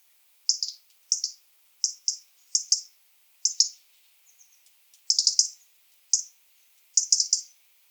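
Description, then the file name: European robin tick calls, paired and tripled high clipped notes repeated at short intervals, with a soft thin trill midway. "Erithacus rubecula"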